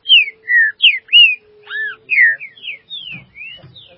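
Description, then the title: Green-winged saltator song of loud, fluty whistled notes, each sliding down or arching, delivered in a steady run. "Trinca Ferro"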